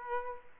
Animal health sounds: mosquito wingbeat signal from an infrared sensor; Aedes aegypti

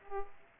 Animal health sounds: mosquito wingbeat signal from an infrared sensor; Aedes aegypti

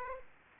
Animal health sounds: mosquito wingbeat signal from an infrared sensor; Aedes aegypti

